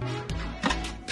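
A CPU sits dropped into a motherboard socket while the socket's retention lever is handled, just before being pressed down to lock into place. Sharp hits sound under steady background music, the loudest at about 0.7 s. Nothing has latched or clicked yet.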